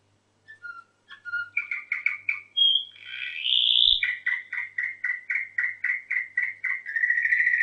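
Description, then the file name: Canary song opens with scattered chips, swells into a rising buzzy sweep, then settles into a long evenly pulsed trill closing on a sustained buzz. Orpheus canary. "kn orpheus v 1 omkicau"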